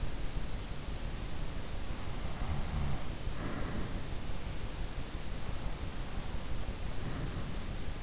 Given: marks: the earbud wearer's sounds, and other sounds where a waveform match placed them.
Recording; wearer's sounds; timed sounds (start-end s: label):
sounds in sleep by an in-ear microphone; breath
2.23-3.93 s: breath